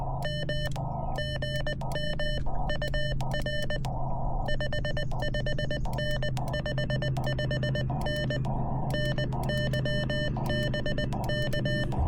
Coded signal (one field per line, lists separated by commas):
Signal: Morse code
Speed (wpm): 20 wpm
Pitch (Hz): 3000 Hz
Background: none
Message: M GM UR 55N 55N NY BK